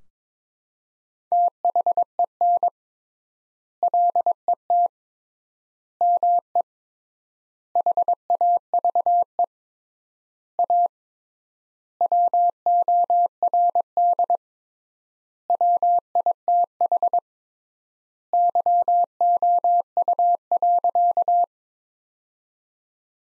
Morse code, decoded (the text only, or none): THEN LET ME HAVE A WORD WITH YOU.